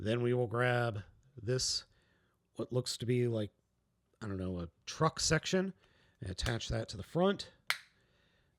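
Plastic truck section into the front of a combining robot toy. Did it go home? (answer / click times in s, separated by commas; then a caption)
yes / 7.7 s. Someone talks while a plastic truck section is attached to the front of a Mugenbine Battle Gattai Heavy Mammoth combining robot toy during its combined-ship transformation. A single sharp snap is heard at 7.7 s as the truck section seats onto the front.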